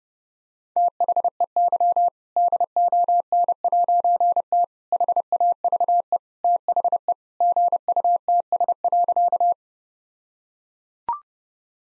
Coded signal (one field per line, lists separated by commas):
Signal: Morse code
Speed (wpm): 32 wpm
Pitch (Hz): 700 Hz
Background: none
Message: THEY DON'T HAVE THE GUTS.